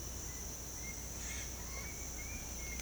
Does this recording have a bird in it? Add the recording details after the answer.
yes. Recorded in secondary vegetation near Puerto Asís, Putumayo, Colombia, on 18 December 2024 at 06:30. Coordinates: 0.468, -76.324. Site G095